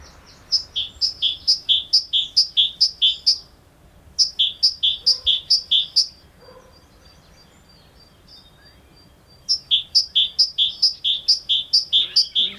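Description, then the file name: Great tit song: rapid, high, two-note phrases alternating higher and lower pitch, repeated in three bursts separated by pauses. "Parus major"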